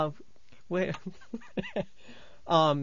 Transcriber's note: he laughs